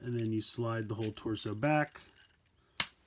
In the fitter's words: and then it locks into place, and you're good to go.